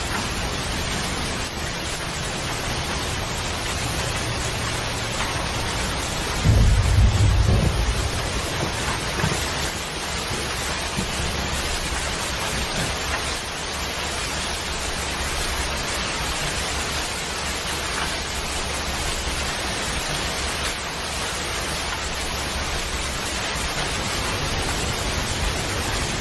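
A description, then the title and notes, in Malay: Heavy rain pours down in a dense, steady hiss that barely changes across the clip. Around six to eight seconds a deep rumble of thunder swells up beneath it and fades, and a low rolling undertone lingers faintly afterward. Suara Hujan Deras Disertai Guruh.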